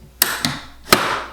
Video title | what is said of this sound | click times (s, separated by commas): Festool Domino DF 500 Review and Overview | it clicks back into place, and now you're good to go. | 0.2 s, 0.9 s